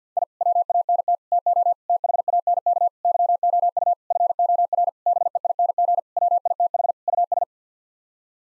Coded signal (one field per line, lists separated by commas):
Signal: Morse code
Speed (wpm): 50 wpm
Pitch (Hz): 700 Hz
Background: none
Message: I WANT TO THANK YOU FOR BEING WITH US